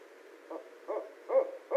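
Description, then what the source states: Barred owl hoots, four short low notes in steady rhythm, the later ones a little stronger, over a faint hiss. Recorded 18 January 2012.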